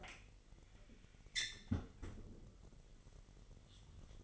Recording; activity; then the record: daily activity, microphone in the room; close fridge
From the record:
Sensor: 4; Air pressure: 1002.8 hPa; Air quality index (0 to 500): 246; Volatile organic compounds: 18 ppm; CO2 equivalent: 2629 ppm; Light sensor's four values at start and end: 4/10/4/4 and 4/10/3/4